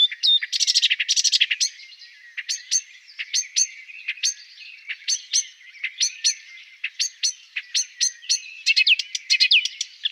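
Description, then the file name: Marsh warbler song mixing harsh chatters and buzzy trills with sharp repeated ticks and quick varied phrases throughout. "Sumpfrohrsaenger"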